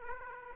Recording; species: mosquito wingbeat signal from an infrared sensor; Aedes aegypti